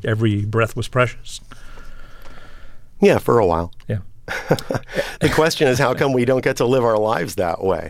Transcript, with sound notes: Every breath was precious.
Yeah, for a while.
Yeah.
(Laughter) The question is, how come we don't get to live our lives that way?